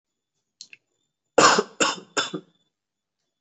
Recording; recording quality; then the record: shallow voluntary cough; excellent, no background noise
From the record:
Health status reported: recovered from COVID-19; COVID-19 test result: positive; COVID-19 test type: RT-PCR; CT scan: not taken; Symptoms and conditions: none ticked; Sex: male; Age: 25 years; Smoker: no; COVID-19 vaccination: both doses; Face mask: not worn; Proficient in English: yes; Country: India